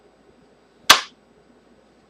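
On a Kel-Tec Sub 2000 9mm folding carbine, the trigger guard is pulled up to unlock it and the barrel assembly is swung back into its locking spot on the rifle stock. A single loud, sharp snap at 0.9 s marks the barrel locking into its folded position, with near silence before and after.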